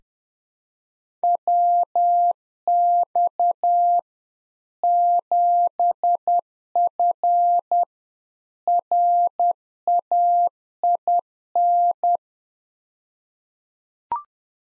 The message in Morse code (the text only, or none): WX 7F RAIN